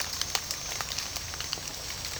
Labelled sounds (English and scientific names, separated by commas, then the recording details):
none
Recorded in pastures near Puerto Asís, Putumayo, Colombia, on 24 June 2025 at 18:00
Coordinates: 0.497, -76.327
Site G040